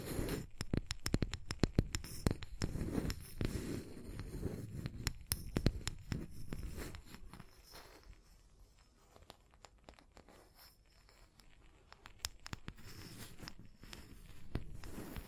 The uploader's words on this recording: Tapping and Scratching (No Talking).